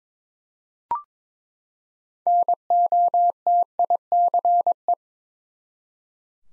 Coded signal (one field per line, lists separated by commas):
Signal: Morse code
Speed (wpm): 22 wpm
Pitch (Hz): 700 Hz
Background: none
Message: NOTICE